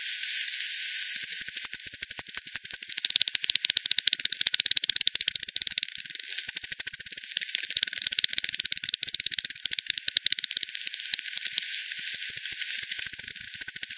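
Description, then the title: Bat echolocation calls, dense trains of dry, rapid clicks that run almost without pause. Multiple bats at Hogsmill River, Hogsmill Lane, 7 October 2020, 18:10 UTC; recorded via frequency division by ten, band-pass filtered, resampled. "bat 20201007 T 18 : 10 Z-Hogsmill-Lane-Hogsmill-River-multiple-bats"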